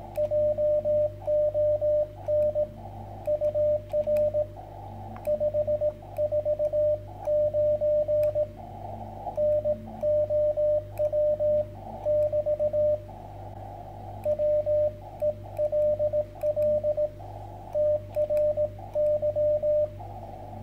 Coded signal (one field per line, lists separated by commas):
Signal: Morse code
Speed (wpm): 15 wpm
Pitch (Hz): 590 Hz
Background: radio noise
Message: JON UR 549 NOW <BT> WELL TRY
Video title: QRPGuys Tri-Band Vertical Antenna & SWR Indicator.